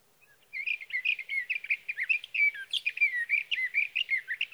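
Sage thrasher delivering a long, fast, rambling warble of varied chirps and slurred whistles, unbroken for about four seconds.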